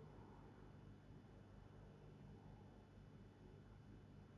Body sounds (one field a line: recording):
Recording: background sound without coughing